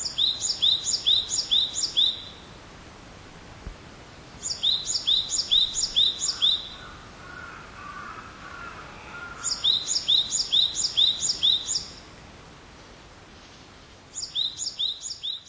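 Great tit song in repeated bursts of about five sharp two-note phrases, each burst separated by a few seconds of quiet, with a soft lower sound briefly in between.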